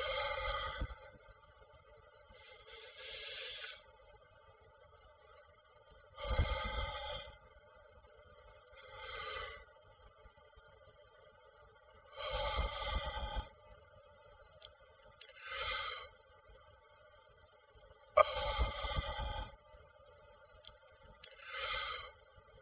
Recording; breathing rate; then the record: paced breathing near a phone; 10 breaths a minute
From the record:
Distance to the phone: 20 cm